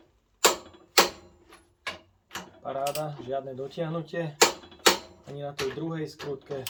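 A torque wrench set to exactly 150 Nm tightens a screw on a screw connection and gives two sharp clicks at 0.5 s and 1.0 s, showing it has reached the 150 Nm torque. A fainter knock follows near 1.9 s, and from about 2.3 s onward someone talks.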